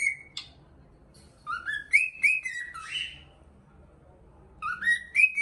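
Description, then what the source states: Cockatiel whistled song: rising, slurred whistles in short phrases, a pause midway, then a fresh rising phrase at the end. Song for training a pet cockatiel.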